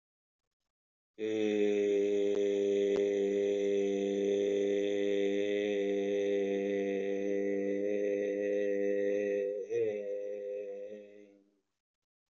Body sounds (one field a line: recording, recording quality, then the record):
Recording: sustained vowel as in made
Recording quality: excellent, no background noise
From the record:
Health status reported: healthy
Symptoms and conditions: cold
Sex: male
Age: 37 years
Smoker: yes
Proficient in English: yes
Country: India